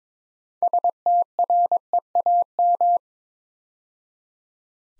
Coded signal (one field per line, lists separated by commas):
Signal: Morse code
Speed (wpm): 22 wpm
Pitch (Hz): 700 Hz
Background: none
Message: STREAM